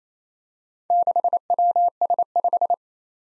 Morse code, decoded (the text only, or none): 6WS5